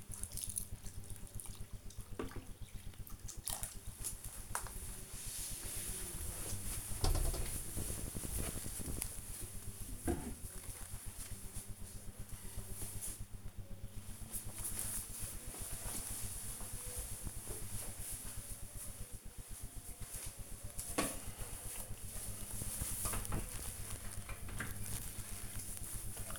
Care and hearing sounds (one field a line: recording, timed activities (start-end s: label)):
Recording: household activities, microphone on the right wrist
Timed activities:
0.00-10.42 s: watering plant
19.46-26.39 s: putting away the dishes